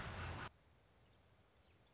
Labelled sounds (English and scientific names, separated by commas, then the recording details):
Song Sparrow (Melospiza melodia)
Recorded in Sonoma County, California